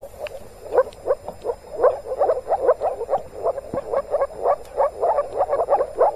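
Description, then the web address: Chorus of moor frogs giving short, hollow, bubbling croaks in quick overlapping runs, with no other clear sounds. Moor frogs calling in spring in the Tävsmoor, Germany. "moorfrosch. rufen jetzt die froesche im taevsmoor"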